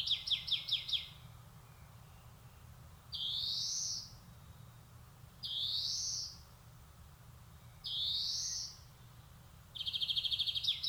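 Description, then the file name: European greenfinch song: a quick dry trill, then three long buzzy wheezes that rise in pitch, spaced apart, ending with another rapid trill. "Chloris chloris"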